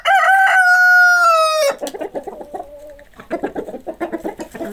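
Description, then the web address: Chicken crowing: a loud, sustained rooster crow lasting under two seconds, followed by softer clucking. "sounds animals chickens"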